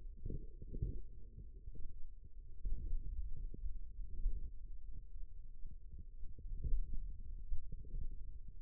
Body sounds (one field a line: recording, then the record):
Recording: forearm muscle sounds (acoustic myography)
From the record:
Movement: hand opening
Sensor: system 2, bracelet of six BSWA MPA416 microphones around the upper forearm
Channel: 3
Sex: male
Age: 22 years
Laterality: right